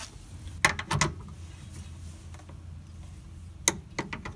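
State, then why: Torque reached. A click-type torque wrench set to 14 ft-lb tightens the sway bar bushing bracket bolts on a car's rear suspension. Sharp clicks sound at 0.7 s and 3.7 s, each followed by lighter ratcheting ticks, over a low background hum. The clicks confirm the 14 ft-lb setting has been reached.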